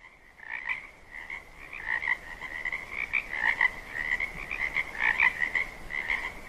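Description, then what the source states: Frog croaks in a rapid, uneven series of short rattling notes that pulse on and off throughout, with no other clear sounds. Frog sounds as ambient nature sounds.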